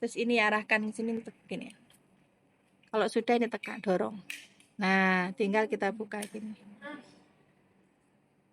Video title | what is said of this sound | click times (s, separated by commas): PRAKTIKUM AIRWAY BREATHING MANAGEMENT | Pas. Nah, itu belum ngunci. | none